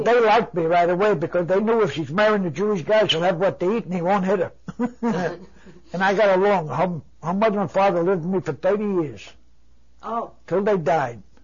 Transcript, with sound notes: Oh, no, they liked me right away because they knew if she's marrying a Jewish guy she'll have what to eat and he won't hit her. (they laugh) And I got along. Her mother and father lived with me for thirty years.
Oh.
'Til they died.